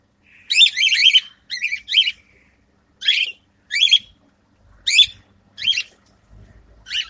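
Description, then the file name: Bird giving short bursts of sharp, scratchy chirps, repeated in clusters about once a second, with faint low thumps in the background. Recorded at Divine Mercy, Anna Nagar. "anna nagar divine mercy birds"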